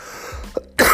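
A single abrupt, harsh cough burst from an adult man at the end of a quiet stretch, a lingering cough while recovering from a cold.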